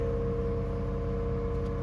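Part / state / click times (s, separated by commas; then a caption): C-clip for a U-joint yoke groove / not seated / none. A steel C-clip meant for the groove of a U-joint yoke is picked up and pinched before it goes into the groove. Only a steady low hum with constant tonal lines is heard, with no sharp transients. Nothing has seated or clicked yet.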